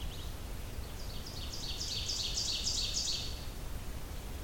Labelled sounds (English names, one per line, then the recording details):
Ovenbird song
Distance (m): 45 m
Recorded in boreal forest in Alberta, Canada, on 30 June 2016 at 08:02
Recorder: SongMeter 3, array SBT-6-79
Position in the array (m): 5 m, 108 m
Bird 40